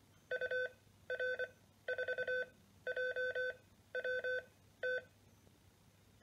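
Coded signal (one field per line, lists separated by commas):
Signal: Morse code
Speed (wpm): 25 wpm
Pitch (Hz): 510 Hz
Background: none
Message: UR4JWT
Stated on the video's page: Practice oscillator for straight keys and paddles, with built-in Morse tutor.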